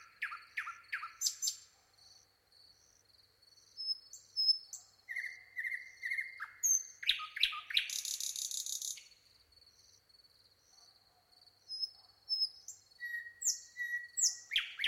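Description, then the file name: Common nightingale song of varied phrases: quick repeated chirps, a level whistle, a loud buzzy trill, then a pause and more rapid notes and whistles, with a faint continuous high tone. "Luscinia megarhynchos"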